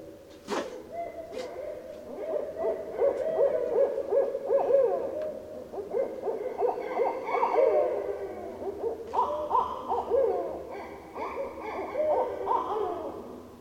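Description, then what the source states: Barred owls hooting and cackling in a dense, overlapping chorus of wavering calls. Recorded on 15 December 2012.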